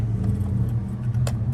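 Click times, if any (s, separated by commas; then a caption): 1.3 s. A transmission component that was not fully in is pushed further into its housing until it seats with a sharp click at 1.3 seconds. Beneath the click runs a steady low hum, and someone talks. The part clicks home and is confirmed seated.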